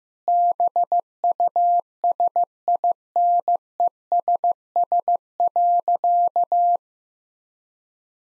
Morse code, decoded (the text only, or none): BUSINESS.